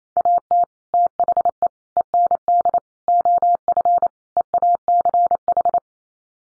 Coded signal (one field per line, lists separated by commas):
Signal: Morse code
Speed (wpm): 28 wpm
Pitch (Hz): 700 Hz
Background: none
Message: AT THE END OF EACH